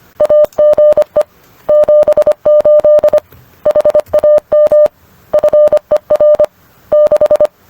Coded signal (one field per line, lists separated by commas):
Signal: Morse code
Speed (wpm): 25 wpm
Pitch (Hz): 600 Hz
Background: none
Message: AGE 78 HAM FER 6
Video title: Training for QSO Protocols and Scripts #morse #morsecode #morsecodepractice